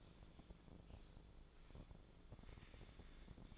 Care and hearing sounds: daily activity, microphone in the room; typing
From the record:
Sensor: 5

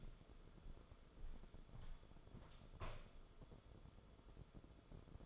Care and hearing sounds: daily activity, microphone in the room; walk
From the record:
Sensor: 5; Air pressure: 994.4 hPa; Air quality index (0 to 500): 178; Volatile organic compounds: 886 ppm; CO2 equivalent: 5198 ppm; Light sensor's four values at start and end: 13/32/13/14 and 13/31/12/14

